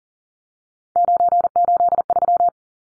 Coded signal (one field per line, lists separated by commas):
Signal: Morse code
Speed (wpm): 40 wpm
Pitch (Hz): 700 Hz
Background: none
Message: 983